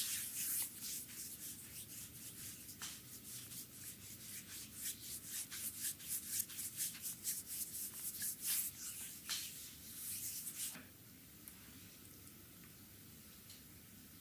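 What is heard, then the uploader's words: Hands rub an oiled belly in a stomach massage, a dense, rhythmic swishing with quick repeated strokes and a steady low rumble beneath. The strokes are busiest through the middle, then stop near the eleventh second, leaving only a faint, even hiss. Stomach massage (belly, front, abdominal) with oil.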